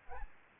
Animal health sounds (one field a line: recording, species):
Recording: mosquito wingbeat signal from an infrared sensor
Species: Aedes albopictus